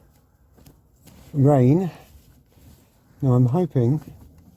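A female spade connector on the charging circuit of a Reliant Robin, just cleaned of dirt with switch cleaner, is handled toward its terminal. Someone talks over quiet background handling noise with a faint tick near 0.7 seconds. Nothing has seated or clicked yet.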